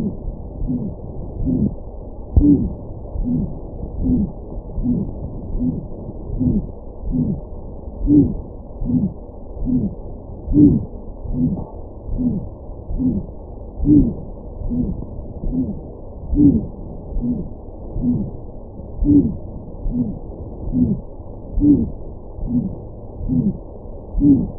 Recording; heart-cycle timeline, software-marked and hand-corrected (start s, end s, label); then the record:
heart sounds
0.00	0.03	S1
0.03	0.19	systole
0.19	0.27	S2
0.27	0.69	diastole
0.69	0.81	S1
0.81	0.99	systole
0.99	1.07	S2
1.07	1.45	diastole
1.45	1.61	S1
1.61	1.83	systole
1.83	1.93	S2
1.93	2.43	diastole
2.43	2.59	S1
2.59	2.73	systole
2.73	2.83	S2
2.83	3.27	diastole
3.27	3.39	S1
3.39	3.55	systole
3.55	3.63	S2
3.63	4.03	diastole
4.03	4.13	S1
4.13	4.31	systole
4.31	4.41	S2
4.41	4.85	diastole
4.85	4.97	S1
4.97	5.13	systole
5.13	5.21	S2
5.21	5.61	diastole
5.61	5.73	S1
5.73	5.91	systole
5.91	5.99	S2
5.99	6.41	diastole
6.41	6.55	S1
6.55	6.69	systole
6.69	6.77	S2
6.77	7.15	diastole
7.15	7.29	S1
7.29	7.51	systole
7.51	7.61	S2
7.61	8.11	diastole
8.11	8.29	S1
8.29	8.47	systole
8.47	8.53	S2
8.53	8.89	diastole
8.89	9.03	S1
9.03	9.21	systole
9.21	9.29	S2
9.29	9.69	diastole
9.69	9.83	S1
9.83	10.05	systole
10.05	10.13	S2
10.13	10.57	diastole
10.57	10.75	S1
10.75	10.93	systole
10.93	10.99	S2
10.99	11.37	diastole
11.37	11.51	S1
11.51	11.69	systole
11.69	11.77	S2
11.77	12.19	diastole
12.19	12.33	S1
12.33	12.53	systole
12.53	12.63	S2
12.63	13.03	diastole
13.03	13.15	S1
13.15	13.35	systole
13.35	13.43	S2
13.43	13.89	diastole
13.89	14.07	S1
14.07	14.25	systole
14.25	14.33	S2
14.33	14.73	diastole
14.73	14.87	S1
14.87	15.05	systole
15.05	15.15	S2
15.15	15.55	diastole
15.55	15.67	S1
15.67	15.87	systole
15.87	15.97	S2
15.97	16.39	diastole
16.39	16.55	S1
16.55	16.75	systole
16.75	16.83	S2
16.83	17.25	diastole
17.25	17.37	S1
17.37	17.53	systole
17.53	17.61	S2
17.61	18.05	diastole
18.05	18.19	S1
18.19	18.41	systole
18.41	18.53	S2
18.53	19.09	diastole
19.09	19.25	S1
19.25	19.43	systole
19.43	19.51	S2
19.51	19.95	diastole
19.95	20.07	S1
20.07	20.25	systole
20.25	20.33	S2
20.33	20.75	diastole
20.75	20.89	S1
20.89	21.09	systole
21.09	21.19	S2
21.19	21.65	diastole
21.65	21.79	S1
21.79	21.99	systole
21.99	22.07	S2
22.07	22.51	diastole
22.51	22.63	S1
22.63	22.83	systole
22.83	22.91	S2
22.91	23.31	diastole
23.31	23.45	S1
23.45	23.65	systole
23.65	23.75	S2
23.75	24.21	diastole
24.21	24.39	S1
24.39	24.59	systole
From the record:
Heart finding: aortic stenosis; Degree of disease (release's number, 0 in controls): 2 to 3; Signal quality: good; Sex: male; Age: 90 years or older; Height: 1.65 m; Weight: 90 kg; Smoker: yes